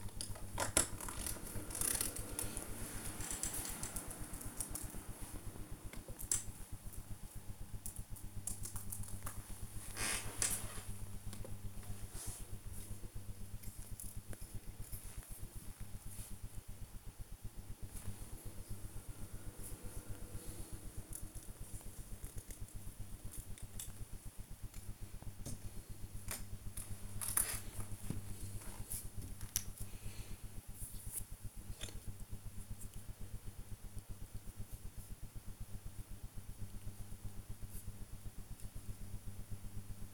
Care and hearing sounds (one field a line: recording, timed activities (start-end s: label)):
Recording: household activities, microphone on the right wrist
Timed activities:
0.00-5.74 s: build with lego
10.80-40.14 s: build with lego